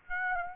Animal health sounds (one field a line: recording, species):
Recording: mosquito wingbeat signal from an infrared sensor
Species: Aedes aegypti